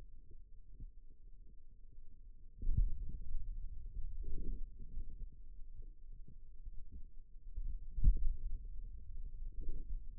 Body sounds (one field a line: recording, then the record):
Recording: forearm muscle sounds (acoustic myography)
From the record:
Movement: finger pinch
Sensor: system 2, bracelet of six BSWA MPA416 microphones around the upper forearm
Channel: 4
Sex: male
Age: 22 years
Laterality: right